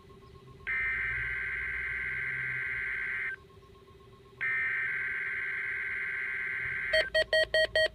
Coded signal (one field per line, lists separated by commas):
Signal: Emergency Alert System (SAME) tones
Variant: header bursts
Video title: KIG86 Required Weekly Test - EAS #472